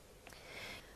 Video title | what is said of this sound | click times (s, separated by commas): Maclaren Techno XLR | it's just two little grey buttons either side that's what would release that off and again you will hear that clicking sound | 0.3 s